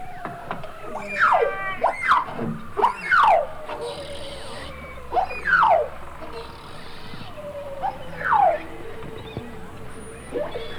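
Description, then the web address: Beluga whale calls: several sharp descending squeals and chirps in bursts, over a steady lower whistle and background hiss. Several belugas recorded in the Arctic. "Avant Garde Project Whale Arctic Belugas"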